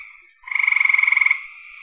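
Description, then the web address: Frog giving one rapid pulsed croaking trill under a second long, rising out of a quieter frog chorus. "cn frogs"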